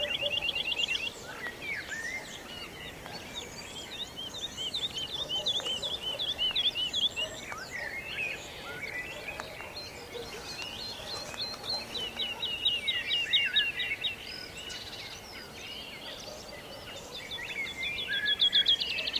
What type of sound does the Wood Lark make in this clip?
flight song